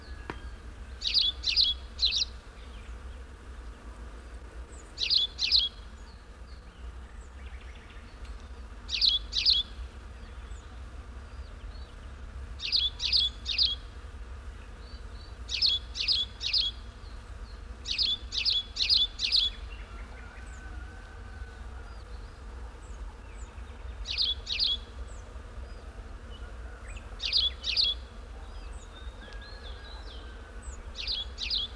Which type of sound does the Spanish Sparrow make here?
call